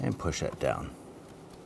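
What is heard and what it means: Someone talks while the plastic retaining post of the upstream O2 sensor wire harness on a 2006-2010 Hummer H3 3.7L L5 is placed on the side of the cylinder head to be pushed down into its mounting hole. After the talking, only a quiet low background hum remains. Nothing has seated or clicked yet.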